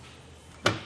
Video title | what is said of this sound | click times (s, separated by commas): etrailer - Install: Kuat NV 2.0 Bike Rack for 2 Bikes on a 2022 Chrysler Pacifica | you'll hear it click into place again and we'll get a couple new measurements for you | 0.7 s